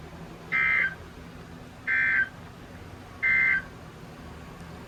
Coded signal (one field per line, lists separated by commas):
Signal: Emergency Alert System (SAME) tones